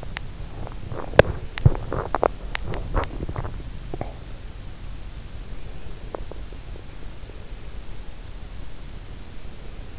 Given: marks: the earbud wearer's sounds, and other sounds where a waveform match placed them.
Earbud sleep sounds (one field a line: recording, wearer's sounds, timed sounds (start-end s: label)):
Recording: sounds in sleep by an in-ear microphone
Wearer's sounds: teeth grinding, swallowing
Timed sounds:
0.00-3.50 s: teeth grinding
3.50-4.33 s: swallowing